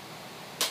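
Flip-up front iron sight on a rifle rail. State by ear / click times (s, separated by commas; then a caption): seated / 0.6 s. A button on the flip-up front iron sight on the rail of a tan Classic Army SCAR-L Sportline is pushed, and the sight moves between its raised and lowered positions. After a low, steady background, a single sharp click sounds at 0.6 s as the sight latches into position.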